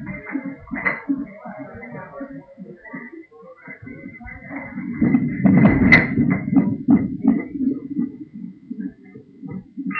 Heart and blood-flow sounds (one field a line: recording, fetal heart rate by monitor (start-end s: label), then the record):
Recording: fetal heart sounds by stethoscope on the mother's abdomen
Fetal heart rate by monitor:
0.00-10.00 s: 166 bpm
From the record:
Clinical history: abnormal fetal non-stress test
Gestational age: 36 weeks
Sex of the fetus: girl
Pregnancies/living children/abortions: 1/0/0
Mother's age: 25 years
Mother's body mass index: 30.9